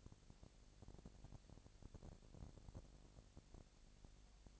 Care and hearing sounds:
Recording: daily activity, microphone in the room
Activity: no activity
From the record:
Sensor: 5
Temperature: 20.1 degrees Celsius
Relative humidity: 38.2%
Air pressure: 998.9 hPa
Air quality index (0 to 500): 218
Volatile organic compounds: 24 ppm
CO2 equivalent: 2814 ppm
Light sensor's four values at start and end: 2/3/1/1 and 2/3/1/1

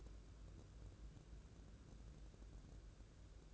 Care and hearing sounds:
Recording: daily activity, microphone in the room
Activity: take from stove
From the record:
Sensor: 2

